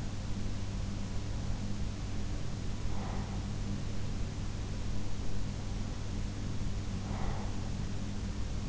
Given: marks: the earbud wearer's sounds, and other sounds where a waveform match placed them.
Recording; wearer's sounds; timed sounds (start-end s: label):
sounds in sleep by an in-ear microphone; breath
2.55-3.58 s: breath
6.72-7.75 s: breath